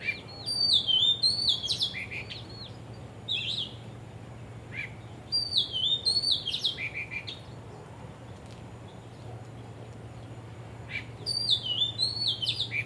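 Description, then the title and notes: Bird song: three main bursts of whistled, tumbling notes with quiet gaps and a low hum between them. Birds singing vigorously at Wu Kai Sha, Hong Kong, on 15 December 2006; recorded with AKG condenser microphones in XY stereo. "香港 烏溪沙 雀鳥勁唱歌 Date: 15 December 2006"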